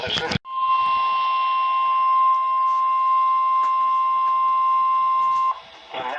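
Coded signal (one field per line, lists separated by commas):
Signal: Emergency Alert System (SAME) tones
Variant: 1050 Hz attention tone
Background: speech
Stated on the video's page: Real alerts captured during a derecho.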